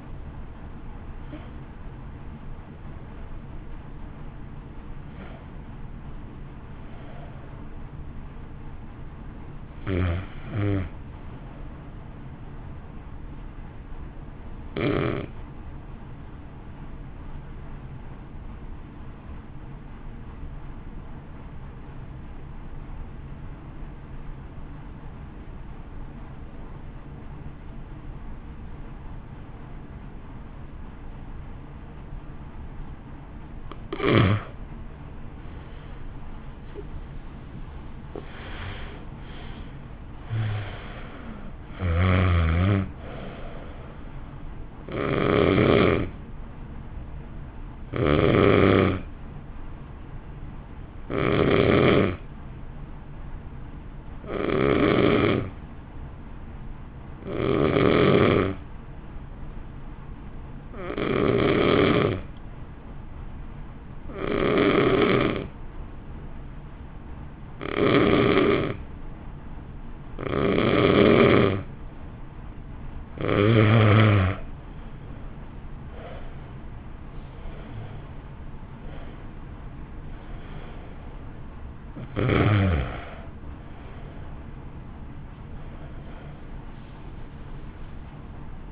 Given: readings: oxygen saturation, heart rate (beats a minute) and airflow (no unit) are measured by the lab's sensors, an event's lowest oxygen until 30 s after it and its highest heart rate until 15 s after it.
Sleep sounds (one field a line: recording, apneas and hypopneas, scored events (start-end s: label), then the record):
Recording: breathing in sleep by a smartphone at the bedside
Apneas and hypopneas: 2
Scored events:
12.00-38.00 s: hypopnea (N1, oxygen 96% highest, then 80% lowest, heart rate 54 at the start, 67 highest)
56.00-78.20 s: hypopnea (N2, oxygen 93% highest, then 86% lowest, heart rate 49 at the start, 61 highest)
56.00-86.00 s: new sleep stage, N2 (light sleep)
86.00-88.72 s: new sleep stage, N1 (lightest sleep)
From the record:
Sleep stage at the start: N1 (lightest sleep)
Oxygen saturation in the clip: 80 to 96%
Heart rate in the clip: 48 to 67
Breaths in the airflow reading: 26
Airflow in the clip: -1.7 to 2.5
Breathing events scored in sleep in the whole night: 328 in 6.3 hours asleep